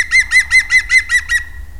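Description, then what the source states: European green woodpecker calling: a series of loud, evenly spaced ringing notes, about five per second. Contact call and shout.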